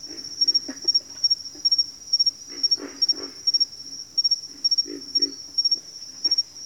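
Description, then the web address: Pig frogs grunting: low grunts in short clusters, over a steady high, rhythmically pulsing tone. Several pig frogs calling in a bayou. "The Natural Sounds of the Wilderness. Echoes of Nature - Bayou. Pig Frogs"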